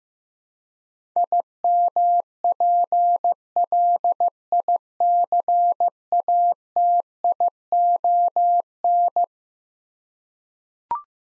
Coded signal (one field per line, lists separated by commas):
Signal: Morse code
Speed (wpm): 15 wpm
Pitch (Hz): 700 Hz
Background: none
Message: IMPLICATION